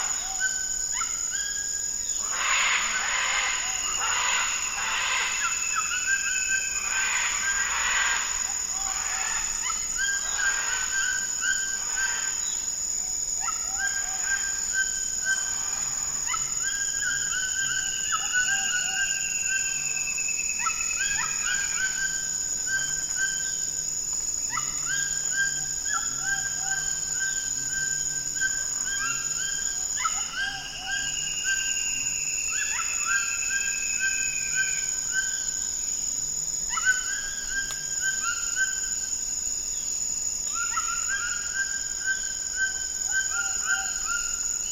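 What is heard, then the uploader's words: Toucans and macaws call at dawn in the Amazon rainforest, with dense, rasping bursts crowding the first ten seconds before thinning into repeated squawks and occasional rising whistles. A steady, high insect whine runs throughout, over a low, constant background hum. Amazon Rainforest - Dawn - Toucans and Macaws. Toucans and macaws making a racket at dawn in the Amazon rainforest.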